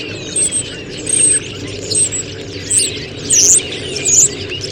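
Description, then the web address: Bird calls: very high, thin chirps repeated in short bursts, over a steady background hiss. "Deverinetal 2025. Bird Only"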